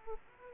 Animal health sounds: mosquito wingbeat signal from an infrared sensor; Aedes aegypti

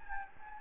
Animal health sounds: mosquito wingbeat signal from an infrared sensor; Anopheles gambiae

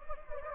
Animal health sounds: mosquito wingbeat signal from an infrared sensor; Anopheles gambiae

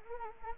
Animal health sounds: mosquito wingbeat signal from an infrared sensor; Anopheles arabiensis

